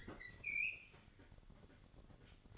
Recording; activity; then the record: daily activity, microphone in the room; open fridge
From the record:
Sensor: 4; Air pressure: 1008.6 hPa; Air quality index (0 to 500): 74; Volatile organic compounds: 1 ppm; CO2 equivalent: 630 ppm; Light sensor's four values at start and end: 15/34/14/15 and 13/30/12/13